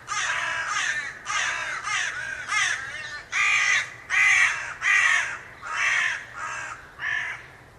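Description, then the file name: Carrion crow giving harsh, rasping caws in a rapid series of about a dozen, the middle ones louder and longer, with a faint low hum beneath. "Corvus corone"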